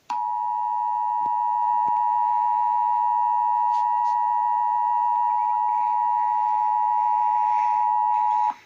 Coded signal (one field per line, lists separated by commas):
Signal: Emergency Alert System (SAME) tones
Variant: 853 and 960 Hz attention tone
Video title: EAS Scenario 1: The Soft Drink Virus